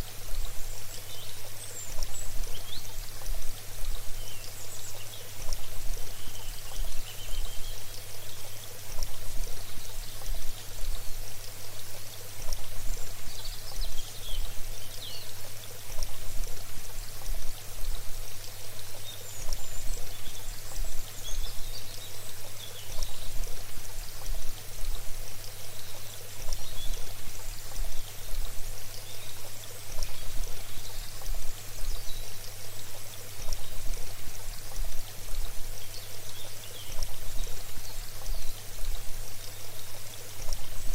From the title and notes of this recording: Help yourself relax and unwind to the sounds of white noise and audio recorded from the UK's Lake District. Listen to the stream and wildlife mixed in with the soothing sounds of white noise.